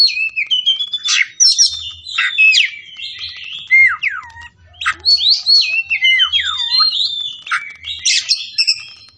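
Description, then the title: Oriental magpie-robin singing a dense, energetic medley of whistles, down-swooping slurs and rapid chatter, barely pausing, with soft low taps behind. Tretes; singing vigorously (gacor). "Kacer Tretes"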